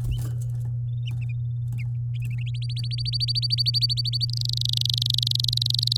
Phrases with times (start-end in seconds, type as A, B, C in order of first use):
2.54-4.25 A, 4.29-5.97 B